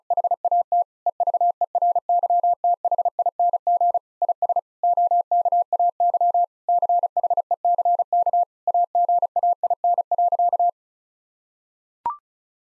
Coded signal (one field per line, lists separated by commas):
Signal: Morse code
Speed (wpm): 34 wpm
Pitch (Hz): 700 Hz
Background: none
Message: HAT EVERYTHING IS OKAY CHECK AGAIN.